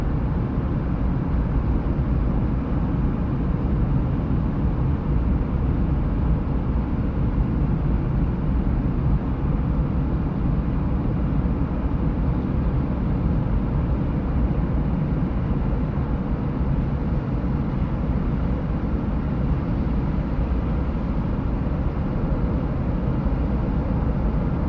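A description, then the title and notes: A steady white noise that holds the same level for the whole stretch, with no pauses or events. The sound is weighted toward the low end, a dense rumbling hiss like an engine drone heard from inside, with the top thinned out. White Noise.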